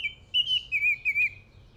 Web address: Northern Oriole. صدای-پرنده-اوریول-شمالی